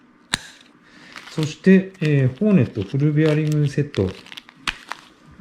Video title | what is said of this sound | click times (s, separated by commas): 四独キット(GRAHHO/LAB.)完全攻略【前編】 | That's right, the 1050 snaps into place, right? | 0.3 s